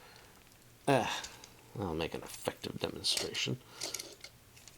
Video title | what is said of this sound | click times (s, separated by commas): Transformers Collaborative Tonkinator (Re-issue G1 Devastator) | just doesn't want to lock in all the way that is | 4.2 s, 4.7 s